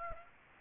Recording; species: mosquito wingbeat signal from an infrared sensor; Aedes aegypti